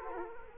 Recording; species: mosquito wingbeat signal from an infrared sensor; Culex quinquefasciatus